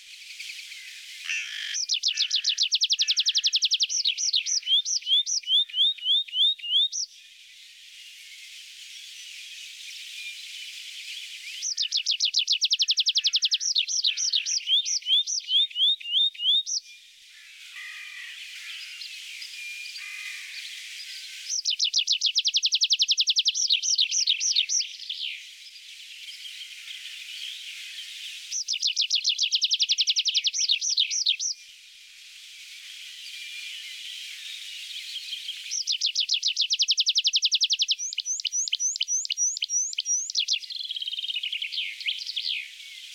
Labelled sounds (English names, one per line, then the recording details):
Tree Pipit song
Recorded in the wild
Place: Kandel /Schwarzwald; Gemeinde Waldkirch, Baden-Württemberg, DE
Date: 1977-06-17
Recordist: Schwarz, Dieter
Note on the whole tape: Song